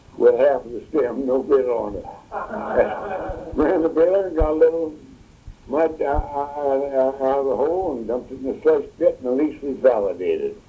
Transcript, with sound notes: with half of a stem, no bit on it! (laughter) Ran the driller, got a little mud out of the hole and dumped it in the cesspit and the lease was validated.